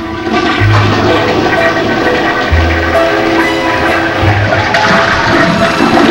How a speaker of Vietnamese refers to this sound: Kéo cần gạt, nước xối ào ào, nhưng mùi hôi lúc nãy lại càng nồng nặc.